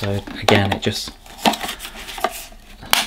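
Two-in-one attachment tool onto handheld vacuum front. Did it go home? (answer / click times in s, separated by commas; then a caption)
yes / 2.9 s. Someone talks while a two-in-one plastic attachment tool is slotted onto the front of a handheld Easine by Ilife G80 cordless vacuum cleaner, with small knocks around 1.5 s and 2.2 s. A sharp click at 2.9 s marks the tool locking into place, seated.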